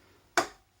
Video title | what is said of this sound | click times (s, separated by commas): Bobbins and How to Use Them | So you can hear that click. So now that's disengaged. | 0.4 s